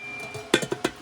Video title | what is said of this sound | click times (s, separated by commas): Custom Wheels for the Stout!! - How to attach wheel tabs for old school dog dish caps | You're gonna hear a nice snap. | 0.5 s